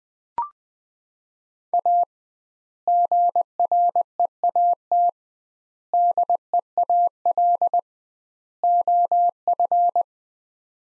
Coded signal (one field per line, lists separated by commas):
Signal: Morse code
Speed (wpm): 20 wpm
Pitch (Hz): 700 Hz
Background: none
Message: A GREAT DEAL OF